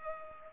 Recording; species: mosquito wingbeat signal from an infrared sensor; Culex pipiens